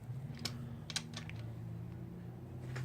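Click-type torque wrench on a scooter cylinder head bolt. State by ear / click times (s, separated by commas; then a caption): not seated / none. A Husky click-type torque wrench is ratcheted on a cylinder head bolt during a top-end rebuild of a GY6 SSP-G 180cc scooter engine with a Taida 232 2V head, tightening toward 84 inch-pounds. Sharp ratchet ticks land near 0.5, 0.9, 1.0, 1.2, 1.3 and 2.8 seconds over a low steady hum. The wrench has not clicked yet, so the bolt is not at torque.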